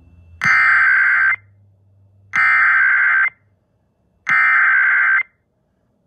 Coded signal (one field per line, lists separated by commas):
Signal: Emergency Alert System (SAME) tones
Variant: header bursts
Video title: Amber Alert… EAS 130-134